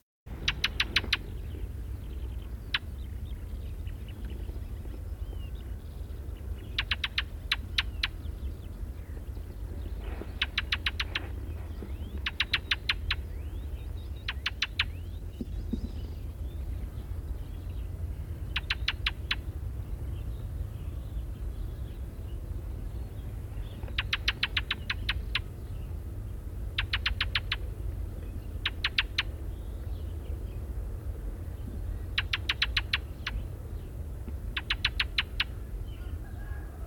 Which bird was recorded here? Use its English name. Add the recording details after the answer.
Ring Ouzel. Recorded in the wild. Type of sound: call. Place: Bergen, Insel Rügen, Mecklenburg-Vorpommern, DE. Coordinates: 54.44, 13.46. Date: 1970-05-02. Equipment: Nagra III BH, Sennheiser MD 21, parabola. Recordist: Schubert, Michael. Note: Am See Ossen bei Bergen: Ringdrossel - Männchen : nur "tschack-tschack"- Rufe